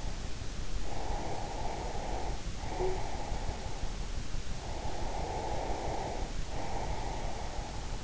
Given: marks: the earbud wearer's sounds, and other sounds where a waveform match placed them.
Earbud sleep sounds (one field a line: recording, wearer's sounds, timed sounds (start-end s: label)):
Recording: sounds in sleep by an in-ear microphone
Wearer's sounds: breath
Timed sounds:
0.81-3.96 s: breath
4.65-8.04 s: breath